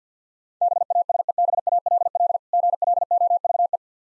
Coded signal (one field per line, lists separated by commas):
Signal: Morse code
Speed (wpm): 50 wpm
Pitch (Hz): 700 Hz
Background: none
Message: BASEBALL GLOVE